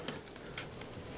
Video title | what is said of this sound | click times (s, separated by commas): PRUSA XL UPGRADE 5 PRINT HEADS 1ST RUN | There, I heard it click on both sides. | 0.1 s, 0.6 s